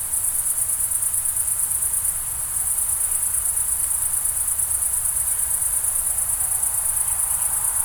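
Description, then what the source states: Crickets produce a high, continuous pulsing chorus with a short lull, while a low steady rush continues underneath. Summer night ambience in the Pyrenees mountains, France, with crickets and a distant river.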